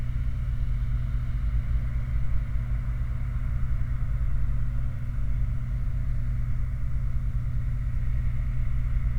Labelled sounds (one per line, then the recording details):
machinery
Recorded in the Prudhoe Bay oil fields, Alaska, on 28 July 2019 at 23:25
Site 29